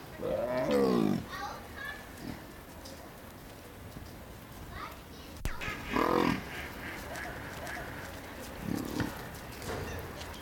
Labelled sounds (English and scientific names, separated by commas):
Leopard (Panthera pardus) call